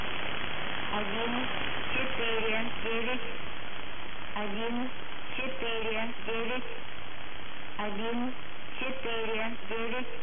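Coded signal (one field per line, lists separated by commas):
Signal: numbers station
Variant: S06s Russian Lady, Russian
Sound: synthesized female voice speaking short evenly spaced words over steady radio hiss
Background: radio static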